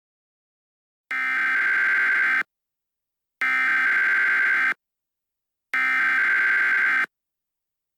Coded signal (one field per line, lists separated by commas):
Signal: Emergency Alert System (SAME) tones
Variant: header bursts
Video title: EAS Scenario - Rainier